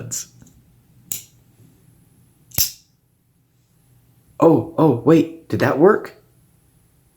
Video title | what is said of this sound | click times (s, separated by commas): Ozark Trail Has Gone Too Far This Time.... | oh yeah that locks it up okay the reverse flick is the way to go | 1.1 s